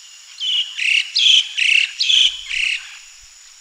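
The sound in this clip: Moluccan starling calls: six loud, squeaky, slurred notes alternating high and lower, given in quick succession over about two and a half seconds, with faint background hiss.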